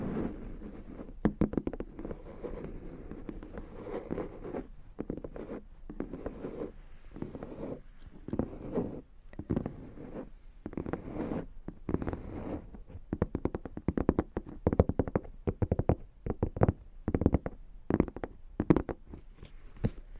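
Headphone tapping and massage rollers make a busy, uneven stream of sound: sharp taps and clicks come in quick irregular bursts throughout, over a low rolling, rubbing texture. The activity thins briefly around five, nine and sixteen seconds before picking up again.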